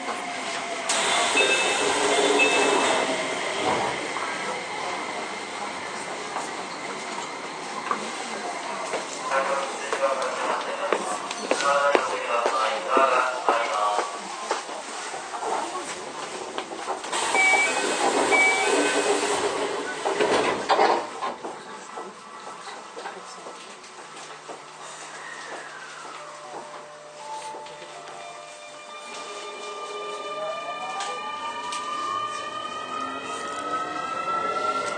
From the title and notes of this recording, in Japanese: 京王9000系 高尾山口〜つつじヶ丘。快速つつじヶ丘行を録音。ステンレス車体、20 m両開き4扉。